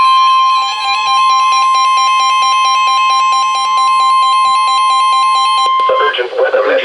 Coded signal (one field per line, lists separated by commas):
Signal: Emergency Alert System (SAME) tones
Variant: 1050 Hz attention tone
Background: speech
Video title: Most Notable EAS Alert Captures from 2019 & 2020 (#1,741 - 1,770)